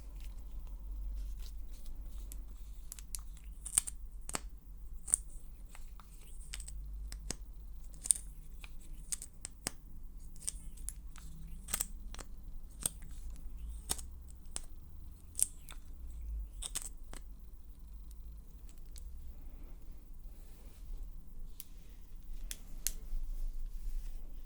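Lipstick try-on sounds: a string of sharp, bright clicks and snaps, clustered between about four and seventeen seconds, with a few more near the end. Beneath them runs a steady low rumble, and faint rustling fills the gaps between the clicks.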